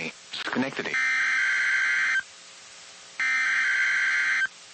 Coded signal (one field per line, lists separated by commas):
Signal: Emergency Alert System (SAME) tones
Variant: header bursts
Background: speech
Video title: EAS Alerts I forgot about with SQW's on WSW's 12/29/25 - 1/24/26 (EAS #6590 - 6860)